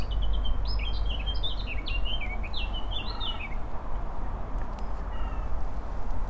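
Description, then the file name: Eurasian blackcap song, a rapid run of varied warbled and whistled notes lasting about three seconds, over a steady low rumble. "Sylvia atricapilla"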